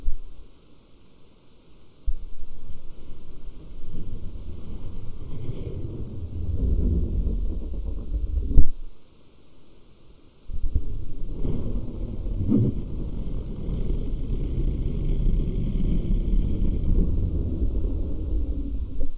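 Fabric is rubbed and scratched in two long stretches, a dull, low rustling with a soft brushing hiss on top. The first runs from about 2 to 9 seconds and ends in a sharp scuff. After a short near-silence, the second begins around 10.5 seconds and continues to the end.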